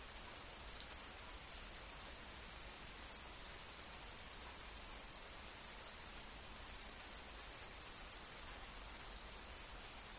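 Steady rain makes a dense, unbroken hiss from the low rumble up through bright highs, with no pauses or changes in level across the ten seconds. Faint tiny ticks of drops are scattered through the wash.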